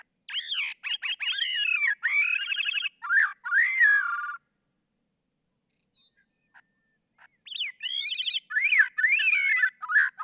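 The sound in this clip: Gray-cheeked Thrush song: nasal, fluty phrases with wavering whistles that slur downward, given twice with a quiet gap of about three seconds between them.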